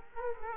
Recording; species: mosquito wingbeat signal from an infrared sensor; Culex quinquefasciatus